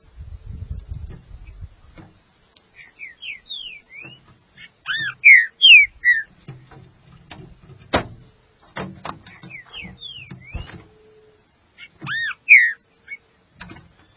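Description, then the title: Green-winged saltator song: clear whistled phrases with slurred rising and falling notes in short bursts, separated by pauses, over low rumbling background noise and a few clicks. "Trinca Ferro"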